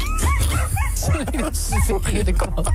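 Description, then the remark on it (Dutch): Several dogs of the Stichting Signi team (6 people, 4 dogs), on the way to Marrakesh, Morocco, to search for earthquake victims under the rubble, bark, yip and whine in a loud, excited jumble, their high-pitched cries rising and falling in quick bursts without pause for about three seconds. “Stichting Signi is met een team van 6 mensen en 4 honden onderweg naar de Marokkaanse stad Marrakesh.”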